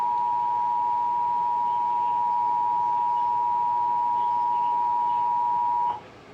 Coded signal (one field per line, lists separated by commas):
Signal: Emergency Alert System (SAME) tones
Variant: 853 and 960 Hz attention tone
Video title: EAS Alert #248: Severe TS Warning for 10 IN counties (Jul 15, 2024)